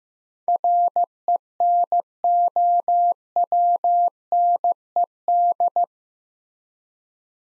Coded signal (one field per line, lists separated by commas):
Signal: Morse code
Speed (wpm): 15 wpm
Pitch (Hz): 700 Hz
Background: none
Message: RENOWNED